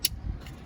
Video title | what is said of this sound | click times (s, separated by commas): 2013-2018 Toyota Rav4 lighted window switches installation | sides click. Beautiful. | 0.1 s